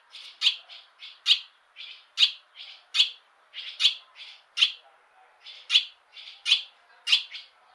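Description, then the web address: Bird calls: a lively series of sharp high chips mixed with softer notes, repeated quickly through the whole stretch. "Bird Only"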